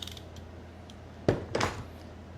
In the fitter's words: till you hear the click.